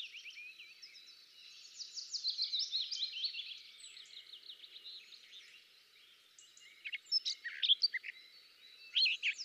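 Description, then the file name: Eurasian blackcap with a quiet, fast twittering warble, followed by several louder sharp notes toward the end, over a faint hiss. "Sylvia atricapilla"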